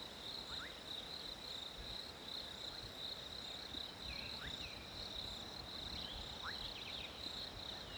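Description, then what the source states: Cricket chirping in a continuous high-pitched trill, with scattered short bird notes sweeping up and down in the background. Winter ambience with crickets and birds.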